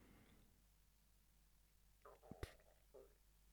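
A quiet room, then about a second of short, bubbling gurgles and clicks from an adult's stomach: ordinary stomach rumbling.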